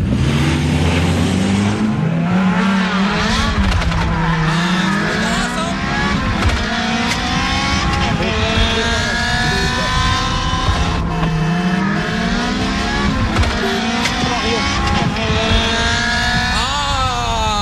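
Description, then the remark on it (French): A car is being started, and its loud engine revs repeatedly, the pitch sweeping up and down in steady waves, with bursts of tire squeal mixed into the continuous roar. “Attends, je la démarre la mienne.”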